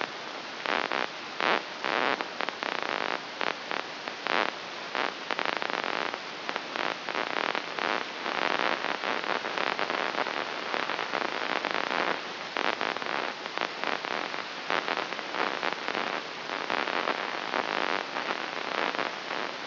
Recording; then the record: brain microelectrode recording played as sound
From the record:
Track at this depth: inside the subthalamic nucleus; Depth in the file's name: 4.121 mm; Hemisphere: left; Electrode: 3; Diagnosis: Parkinson's disease